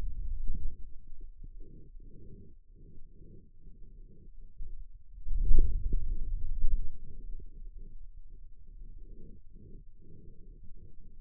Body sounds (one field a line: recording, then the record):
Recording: forearm muscle sounds (acoustic myography)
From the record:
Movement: hand closing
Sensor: system 2, bracelet of six BSWA MPA416 microphones around the upper forearm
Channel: 4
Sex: male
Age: 22 years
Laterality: right